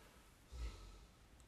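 A single low, rumbling, snort-like breath lasting about half a second rises out of quiet room noise. It is a sleeping dog snoring in the background.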